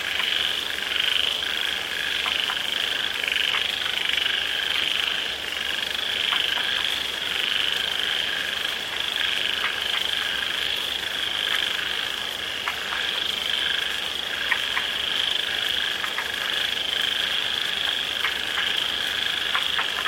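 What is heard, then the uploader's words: Frogs call in a dense, steady chorus of bright, rapid trills layered over a soft hiss of rain, with short clicking calls scattered throughout. The sound of frogs in the rain - the sound of frogs gradually becomes smaller when the rain is heavy.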